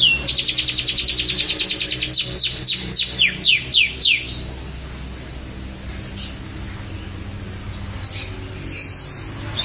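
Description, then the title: Canary singing a rapid high trill that shifts into slower descending sweeps, then a quiet pause with faint notes and a brief buzzy phrase at the end. "Kenari"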